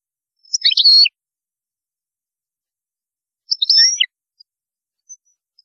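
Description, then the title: European goldfinch song, two brief twittering phrases of high slurred notes about three seconds apart, with silence between them. "Chant Chardonneret"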